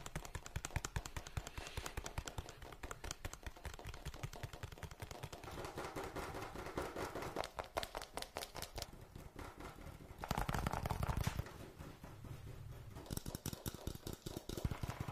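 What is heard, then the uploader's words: Fast tapping runs throughout, a dense, rapid stream of sharp clicks with slight variation in pace. Around six to eight seconds a softer hum sits underneath, and near ten to eleven seconds the taps grow louder and fuller before settling back to a steady patter. Fast Tapping Deluxe Edition [Binaural Eargasm].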